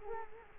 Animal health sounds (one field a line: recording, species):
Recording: mosquito wingbeat signal from an infrared sensor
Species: Culex quinquefasciatus